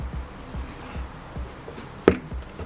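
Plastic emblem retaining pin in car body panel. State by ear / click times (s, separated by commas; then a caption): released / 2.1 s. A plastic emblem retaining pin in a car body panel, its head scratched off, is pushed through and releases with a single loud pop at 2.1 s. Before the pop there are a few soft, low thumps against a quiet background.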